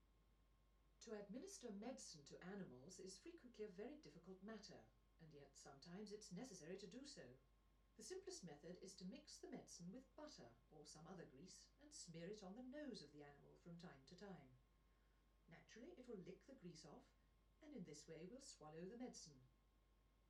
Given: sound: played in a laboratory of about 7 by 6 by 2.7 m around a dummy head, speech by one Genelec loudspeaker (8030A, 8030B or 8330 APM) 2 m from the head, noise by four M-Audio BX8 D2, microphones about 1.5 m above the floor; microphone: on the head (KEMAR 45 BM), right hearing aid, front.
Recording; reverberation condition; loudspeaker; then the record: female speech in English; low; 30 degrees to the left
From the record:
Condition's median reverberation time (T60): about 310 ms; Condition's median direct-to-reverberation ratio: about 3.5 dB